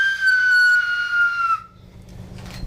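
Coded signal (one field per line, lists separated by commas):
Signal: whistled language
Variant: Silbo Gomero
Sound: one clear whistle about 1.5 seconds long, slowly falling in pitch, then stopping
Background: low room hum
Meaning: I have heard you, an acknowledgement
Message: fuío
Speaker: Si Eugenio me contesta, me va a a contestar con un fuío, que quiere decir como que me ha escuchado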